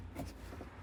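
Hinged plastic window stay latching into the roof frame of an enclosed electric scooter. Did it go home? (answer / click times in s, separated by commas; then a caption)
no / none. The hinged roof window of a LIMA Q3 enclosed electric scooter is released from its folding mechanism and handled, its plastic window stay working toward latching into the roof frame. Only soft, low handling noise over a steady low hum is heard, with no sharp hit. Nothing has seated or clicked yet.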